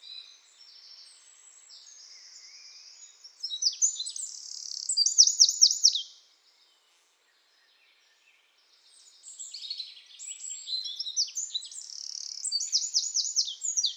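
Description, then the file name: Eurasian wren song of quick, shrill notes and short buzzy trills, falling silent midway before a second rapid outburst starts. "Troglodytes troglodytes"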